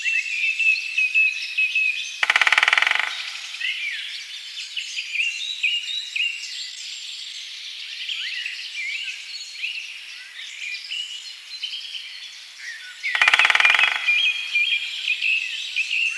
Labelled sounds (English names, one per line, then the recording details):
Great Spotted Woodpecker drumming
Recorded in the wild
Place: Lilienhof / Kaiserstuhl, Baden-Württemberg, DE
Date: 2003-03-02
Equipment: MiniDisc Sharp MT 20 H, Sennheiser MKH 816
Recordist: Schwarz, Dieter
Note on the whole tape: Drumming